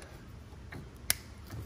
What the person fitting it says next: it clicks. Now once it's clicked, it's locked in there.